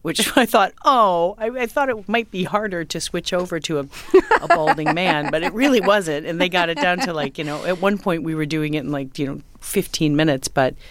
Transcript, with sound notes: which I thought, oh, I thought it might be harder to switch over to a balding man.
(Laughter).
But it really wasn't. And they got it down to like - you know, at one point we were doing it in like, you know, 15 minutes.